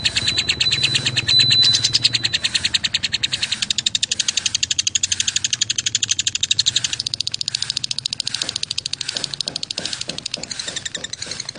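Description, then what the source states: Lovebird calling in quick repeated bright chirps, at first dense and busy, then thinning into sharper separate notes. Call style described as "konslet".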